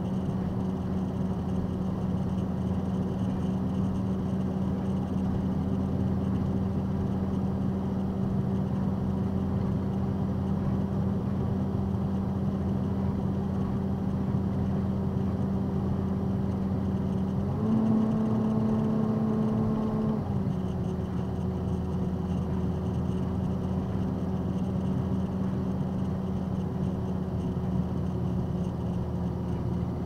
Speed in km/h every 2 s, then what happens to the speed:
101, 103, 103, 105, 105, 105, 106, 105, 105, 103, 101, 100, 103, 101, 98.
0-13 steady at about 105. 13-30 slows to 98.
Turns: none.